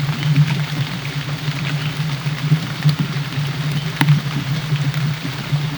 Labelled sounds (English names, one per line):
none